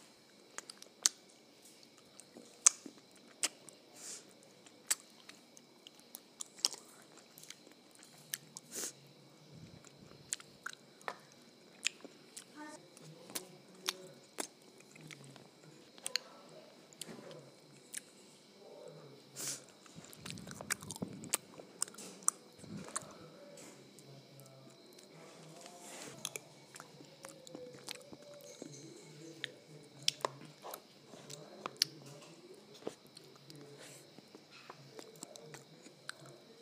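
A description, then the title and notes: Someone eats ice cream and waffles, with a steady run of sharp crunches and clicks scattered through all 37 seconds, a few louder snaps standing out. Soft wet chewing sounds sit underneath, thickening around 20 seconds, over a faint constant high whine. Eating Ice Cream and Waffles.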